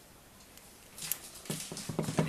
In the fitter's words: and you hear a click and it's securely attached.